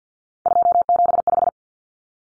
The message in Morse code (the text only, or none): 275